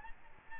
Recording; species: mosquito wingbeat signal from an infrared sensor; Aedes aegypti